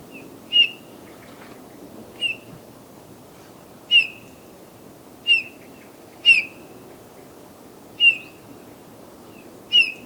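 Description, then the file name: Eurasian bullfinch giving soft, clear piping whistles, each short and slightly falling, repeated about every one to two seconds over a low rumbling background. "Pyrrhula pyrrhula"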